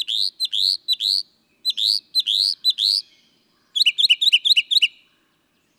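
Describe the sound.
Northern mockingbird song of loud rising slurred notes repeated several times, followed by a quick series of sharp high chirps.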